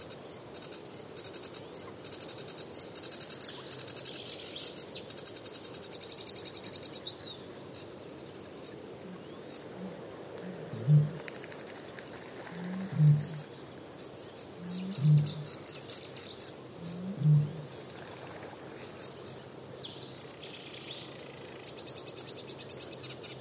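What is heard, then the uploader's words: Birds sing along an overgrown path, a dense, bright chatter filling the opening seconds and returning near the end. In between, four deep, hollow booms arrive at even two-second intervals, over a steady low rustling murmur. The Old Railway Path - Chris Watson. Composer and sound recordist Chris Watson follows the overgrown railway path between Aldeburgh and Saxmundham. Recording an array of elemental, animal and bird sounds.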